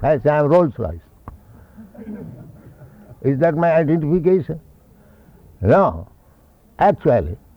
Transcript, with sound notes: If I say, "I am Rolls-Royce," is that my identification? [laughter] No. Actually...